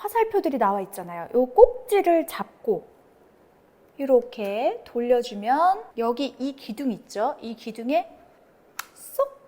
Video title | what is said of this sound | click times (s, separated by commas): 신상 다이슨 에어랩™ 𝟐🛍새로운 툴 사용법🪄699,000원의 가치??! 🧐스타일링팁 𝐓𝐎𝐏𝟕 | this post When I go in, there's a clicking sound | 8.8 s